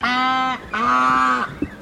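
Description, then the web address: Australian white ibis giving two long, nasal, harmonic honks, the second slightly rougher, followed by a brief faint grunt. Mixed honks of birds from South Australia. "Sound Effects-Foundation 1 BIRDS IBIS AUSTRALIAN WHITE MIXED HONK"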